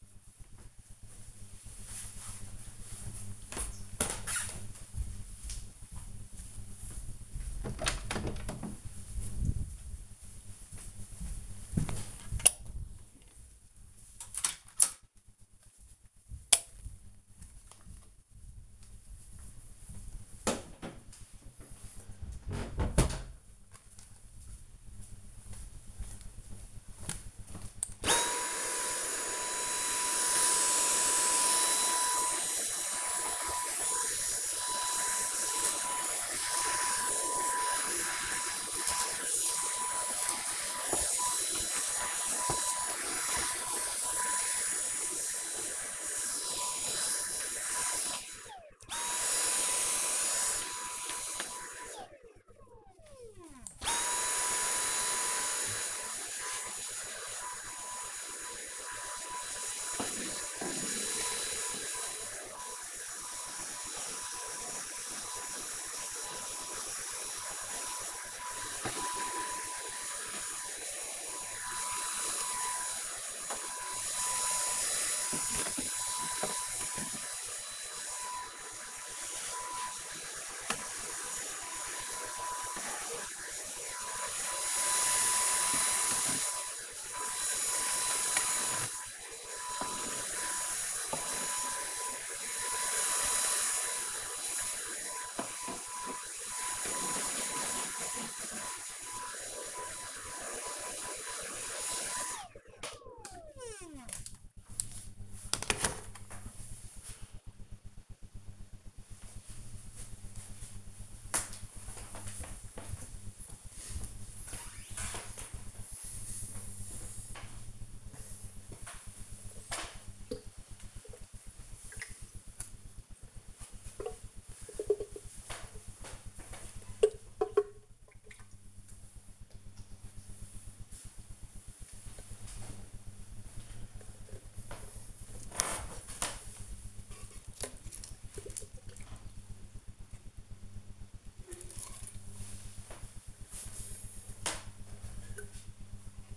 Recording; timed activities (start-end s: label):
household activities, microphone on the right wrist
27.74-103.29 s: vacuum cleaning
116.42-146.37 s: watering plant